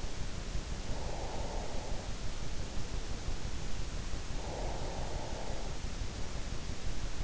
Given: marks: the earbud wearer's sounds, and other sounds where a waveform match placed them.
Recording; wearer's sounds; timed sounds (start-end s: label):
sounds in sleep by an in-ear microphone; breath
0.67-3.54 s: breath
4.13-7.24 s: breath